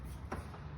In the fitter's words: you push it up until it clicks to the roll out position